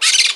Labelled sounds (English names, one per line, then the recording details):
Brown-throated Parakeet contact call
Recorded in Margarita
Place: San Francisco, near stadium
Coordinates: 11.018, -64.294